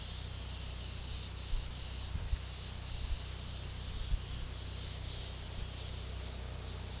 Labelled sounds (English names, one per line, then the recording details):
none
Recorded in pastures near Puerto Asís, Putumayo, Colombia, on 19 February 2024 at 14:30
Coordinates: 0.486, -76.323
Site G6462